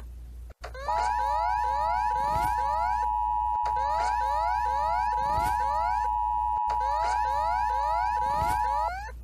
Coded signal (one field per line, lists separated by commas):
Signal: Emergency Alert System (SAME) tones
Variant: 853 and 960 Hz attention tone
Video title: Top 3 Ecuador Eas Alarm